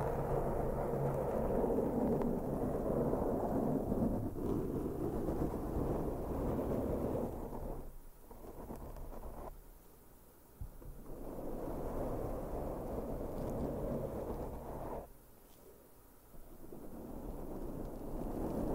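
Dense, rough brushing strokes rub across a microphone, a low, full rumble that is mostly continuous. The sound drops away in short pauses around 8 and 10 seconds and again near 15 seconds before the scratchy sweeping resumes. No voice is heard.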